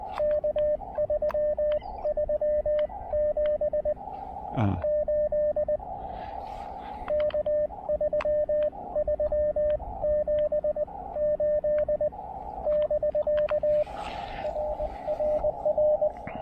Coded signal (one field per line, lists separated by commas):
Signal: Morse code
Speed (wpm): 19 wpm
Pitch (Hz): 600 Hz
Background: radio noise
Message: K3378 K3378 <BK> RRR